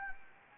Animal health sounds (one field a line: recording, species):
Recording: mosquito wingbeat signal from an infrared sensor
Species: Anopheles gambiae